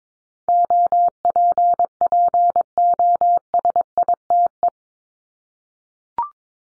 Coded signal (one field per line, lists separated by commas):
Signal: Morse code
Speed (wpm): 22 wpm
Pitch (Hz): 700 Hz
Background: none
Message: OPPOSITE